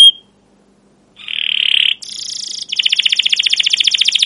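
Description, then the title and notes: Canary song: a buzzy steady note, then a harsher high buzz, then a quick, even trill of repeated sharp notes. Canary singing long, excited 'cuit cuit' phrases, used as a lure and master recording to teach young canaries to sing. "CUIT CUIT NGEROL LANGSUNG GACOR PANJANG Kenari Ini AMPUH Utk Pancingan KENAR. PANCINGAN Kenari GACOR PANJANG Cuit CUIT EMOSI ini AMPUH utk MASTERAN Kenari PAUD belajar BUNYI. burung kenari"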